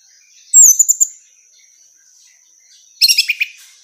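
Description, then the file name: Orange-headed thrush song: a bright descending whistled note with short chirps, a pause, then a burst of rapid high twittering phrases. A steady high tone runs throughout. Female; recording meant for therapy or training. "suara terapi anis merah betina"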